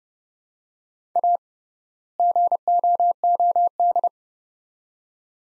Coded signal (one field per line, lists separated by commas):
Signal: Morse code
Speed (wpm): 30 wpm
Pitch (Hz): 700 Hz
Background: none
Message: A GOOD